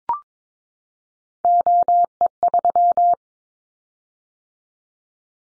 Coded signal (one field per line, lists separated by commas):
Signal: Morse code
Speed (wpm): 22 wpm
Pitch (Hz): 700 Hz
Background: none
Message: OE3